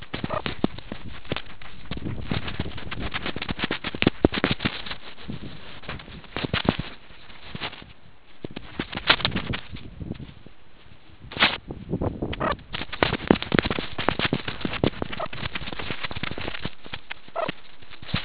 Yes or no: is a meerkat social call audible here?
no